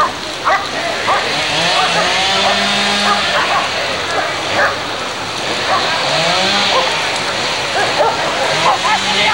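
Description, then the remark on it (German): Chainsaws clearing a field in the Hainburger Au howl continuously and loudly, their engine pitch rising and falling in repeated revving sweeps over a steady hiss, with indistinct voices mixed into the din. “die Motorsägen begannen zu heulen und mit der Rodung dieses Feldes wurde begonnen.”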